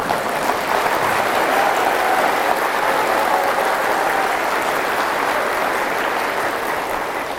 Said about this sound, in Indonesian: Siapa yang paling kuat tepuk tangannya? Itu yang paling kuat program-program kemanusiaannya ke depan.